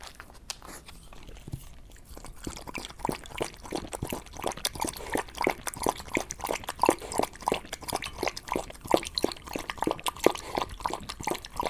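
Dog eating or drinking, with rapid wet clicks in an uneven rhythm, busier and louder after the first couple of seconds.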